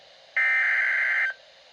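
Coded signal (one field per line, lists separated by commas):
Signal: Emergency Alert System (SAME) tones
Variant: header bursts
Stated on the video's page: NOAA Weather Radio broadcast of a Flash Flood Warning for parts of New Jersey and Pennsylvania.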